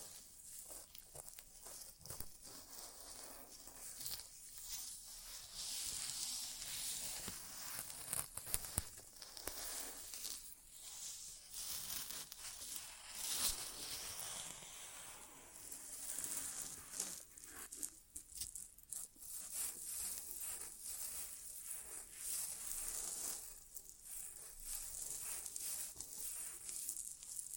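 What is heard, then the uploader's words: ASMR inner ear exam with continuous soft, bright hissing and rustling scratches that swell and fade irregularly, with brief quieter dips throughout. ASMR Inner Ear Exam (No Talking).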